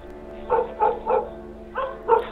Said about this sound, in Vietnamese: Con Lù đứng bên cạnh bắt đầu gầm gừ tức giận, rồi nó sủa ông ổng về phía Cường, tiếng sủa như điên như dại.